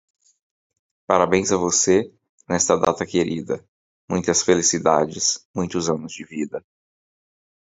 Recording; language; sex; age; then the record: short text; Brazilian Portuguese; male; 40 to 49 years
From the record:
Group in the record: control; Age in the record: 40 years